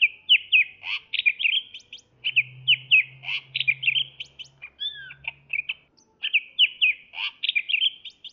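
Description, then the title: Leafbird song, a fast, lively warble of chattering and twittering notes in quick bursts, with a brief low hum in the middle. "CUCAK IJO"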